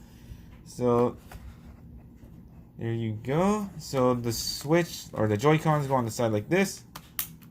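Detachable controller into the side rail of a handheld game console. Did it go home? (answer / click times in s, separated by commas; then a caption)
yes / 7.2 s. A detachable plastic Joy-Con controller is slid down the side rail of a Nintendo Switch handheld game console while someone talks. A sharp, loud latch click at 7.2 s marks the controller snapping and locking into place, seated.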